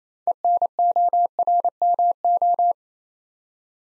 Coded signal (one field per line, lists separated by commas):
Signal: Morse code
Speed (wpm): 28 wpm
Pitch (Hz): 700 Hz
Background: none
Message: ENORMO